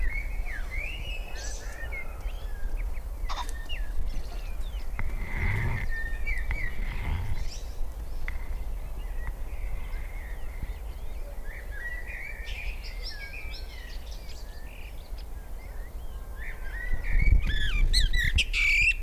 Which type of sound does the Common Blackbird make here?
song